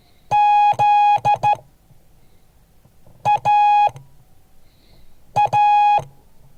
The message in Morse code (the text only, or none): ZAA